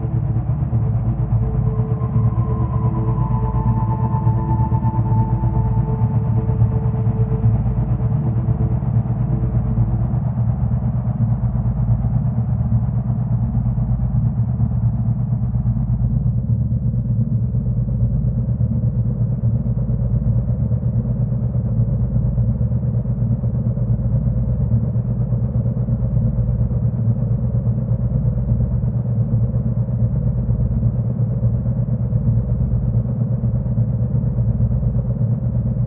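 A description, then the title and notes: Steady low tones hum in layers beneath a soft, muffled wash of noise, with a faint regular throb like an idling engine. A few higher sustained tones sound in the first ten seconds, then the brighter part thins out around sixteen seconds, leaving mostly the deep drone. 9' Binaural Beats & White Noise.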